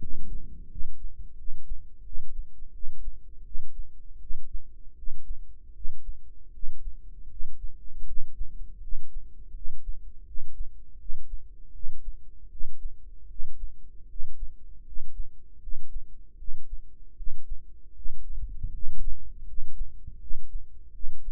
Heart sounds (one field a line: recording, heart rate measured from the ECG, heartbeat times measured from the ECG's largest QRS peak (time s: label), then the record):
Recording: heart sounds by microphone in the right ear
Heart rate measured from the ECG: 80 bpm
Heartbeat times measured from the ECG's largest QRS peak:
0.68 s: heartbeat
1.35 s: heartbeat
2.02 s: heartbeat
2.71 s: heartbeat
3.43 s: heartbeat
4.18 s: heartbeat
4.94 s: heartbeat
5.72 s: heartbeat
6.51 s: heartbeat
7.27 s: heartbeat
8.04 s: heartbeat
8.80 s: heartbeat
9.52 s: heartbeat
10.24 s: heartbeat
10.97 s: heartbeat
11.71 s: heartbeat
12.48 s: heartbeat
13.27 s: heartbeat
14.06 s: heartbeat
14.83 s: heartbeat
15.59 s: heartbeat
16.36 s: heartbeat
17.14 s: heartbeat
17.93 s: heartbeat
18.71 s: heartbeat
19.44 s: heartbeat
20.18 s: heartbeat
20.91 s: heartbeat
From the record:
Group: healthy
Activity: cold pressor test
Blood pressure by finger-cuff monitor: 122/82 mmHg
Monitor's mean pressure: 90 mmHg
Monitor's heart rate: 79 bpm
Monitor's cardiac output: 6.3 L/min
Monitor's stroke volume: 79 mL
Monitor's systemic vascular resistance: 1020 dyn s/cm5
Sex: male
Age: 35 years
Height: 180 cm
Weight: 86.9 kg